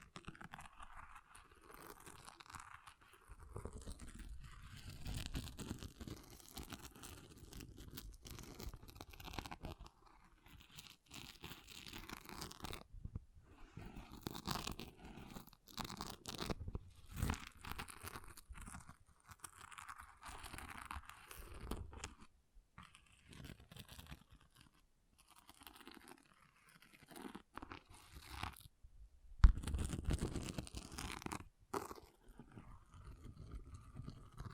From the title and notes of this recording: ASMR Brain Melting Object Scratching (No Talking).